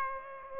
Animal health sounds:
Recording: mosquito wingbeat signal from an infrared sensor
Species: Aedes aegypti

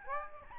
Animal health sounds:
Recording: mosquito wingbeat signal from an infrared sensor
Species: Aedes albopictus

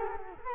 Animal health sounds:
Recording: mosquito wingbeat signal from an infrared sensor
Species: Culex quinquefasciatus

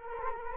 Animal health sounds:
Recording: mosquito wingbeat signal from an infrared sensor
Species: Culex quinquefasciatus

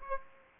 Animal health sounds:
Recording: mosquito wingbeat signal from an infrared sensor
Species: Aedes aegypti

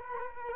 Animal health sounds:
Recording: mosquito wingbeat signal from an infrared sensor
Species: Culex quinquefasciatus

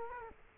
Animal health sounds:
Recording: mosquito wingbeat signal from an infrared sensor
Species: Culex quinquefasciatus

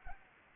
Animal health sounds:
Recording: mosquito wingbeat signal from an infrared sensor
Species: Anopheles arabiensis

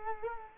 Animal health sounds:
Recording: mosquito wingbeat signal from an infrared sensor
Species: Culex quinquefasciatus

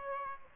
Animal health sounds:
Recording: mosquito wingbeat signal from an infrared sensor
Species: Aedes aegypti

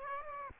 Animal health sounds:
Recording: mosquito wingbeat signal from an infrared sensor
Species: Aedes aegypti

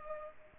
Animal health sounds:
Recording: mosquito wingbeat signal from an infrared sensor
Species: Culex pipiens

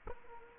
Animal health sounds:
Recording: mosquito wingbeat signal from an infrared sensor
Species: Culex quinquefasciatus

